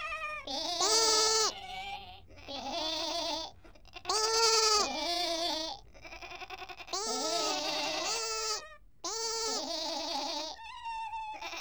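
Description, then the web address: Sheep bleating in a series of loud, harmonic, wavering calls, each lasting one to two seconds, with short pauses between them. Adult sheep together with lambs. "BBC Sound Effects Library. Sheep And Lambs"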